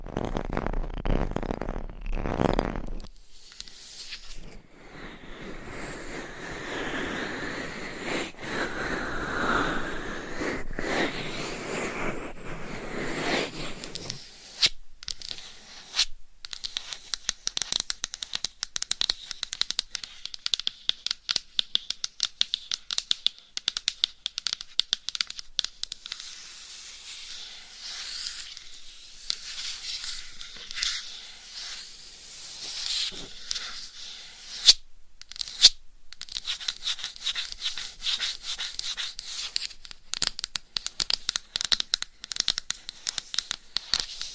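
Scratching and rubbing on a microphone, with a dense, fuller stretch of brushing and massage-like rubbing from about 4 to 14 seconds. After that the sound turns thinner and brighter, with quick crackly scratches and scattered sharp taps, a few louder ones near 35 seconds.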